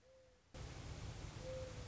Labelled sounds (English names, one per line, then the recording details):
Mourning Dove
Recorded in Sonoma County, California